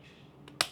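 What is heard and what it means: A Mounjaro auto-injector pen, unlocked while resting on the skin of the abdomen, is pushed to start the injection. A faint tick at about 0.5 s comes just before a sharp click at 0.6 s, the first of two clicks to listen for. The second click, which signals the dose is fully delivered, has not yet sounded.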